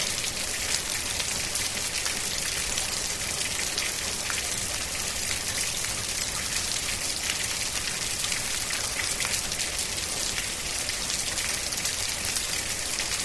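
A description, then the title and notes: Rain falls steadily, with raindrops splashing against the ground in a dense, even pitter-patter. The hiss is bright, with countless tiny taps and an occasional sharper drop standing out. The level holds constant throughout, with a faint low rumble underneath. The calming sound of raindrops splashing against the ground. The gentle pitter-patter of the rain.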